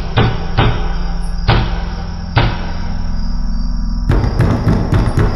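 Heavy pounding on a wooden door by something on the other side, as if in a fit of fury: a few loud, irregular thuds, then a rapid, furious flurry of blows near the end, all over a low steady rumble.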